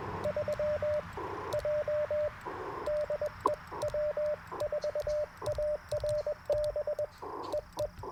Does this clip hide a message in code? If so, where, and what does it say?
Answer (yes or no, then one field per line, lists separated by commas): yes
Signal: Morse code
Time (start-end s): 0.2-7.9 s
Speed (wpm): 20 wpm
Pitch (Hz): 600 Hz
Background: radio noise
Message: 3J DE W4ARB EE